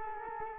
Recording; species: mosquito wingbeat signal from an infrared sensor; Culex quinquefasciatus